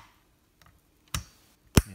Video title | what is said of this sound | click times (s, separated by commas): Building a Crypto Currency Mining Rig - CPU Fan | You heard a click. There. | 1.8 s